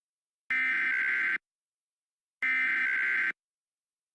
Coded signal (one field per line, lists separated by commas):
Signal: Emergency Alert System (SAME) tones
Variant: header bursts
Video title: Eas tornado warning 6/26/2021